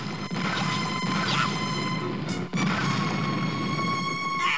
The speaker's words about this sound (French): La dernière zone de combat où atterrit Sangohan est comme un immense magasin de jouets. Génial! Immédiatement, d'énormes cubes se mettent à pleuvoir sur Sangohan.